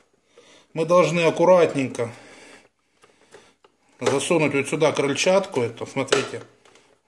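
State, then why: Not seated. A stainless steel whisk is pushed into the drive socket of the plastic body of a Zelmer HM1200/481 ZHM 1264S hand mixer while someone talks. Faint short knocks are heard between the phrases and near the end. Nothing has seated or clicked yet.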